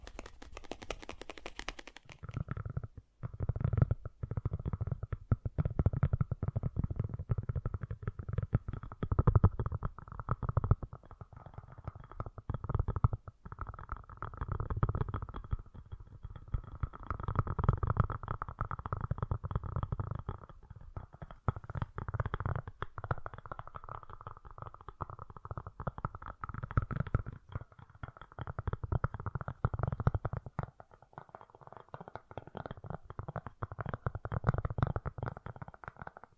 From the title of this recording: Fast & Gentle Tapping